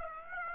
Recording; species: mosquito wingbeat signal from an infrared sensor; Aedes aegypti